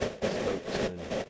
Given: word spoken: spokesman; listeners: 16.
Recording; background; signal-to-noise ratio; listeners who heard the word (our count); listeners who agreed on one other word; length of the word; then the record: one English word in noise, from a listening test; noise modulated by three-talker babble; -7.7 dB; 5 of 16; 6 of 16; 0.90 s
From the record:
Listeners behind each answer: 6, 5, 2, 1, 1, 1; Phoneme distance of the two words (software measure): 14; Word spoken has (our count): 2 syllables, 8 phonemes, stress on syllable 1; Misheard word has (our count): 2 syllables, 6 phonemes, stress on syllable 1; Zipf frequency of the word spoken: 3.81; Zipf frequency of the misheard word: 4.51